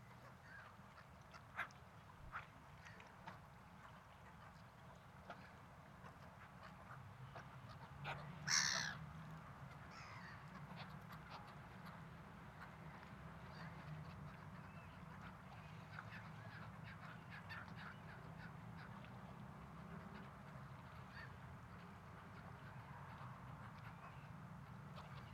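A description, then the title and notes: Seagulls call in scattered harsh cries, one loud squawk near nine seconds, over a steady low rumble of wind or surf. Seagulls.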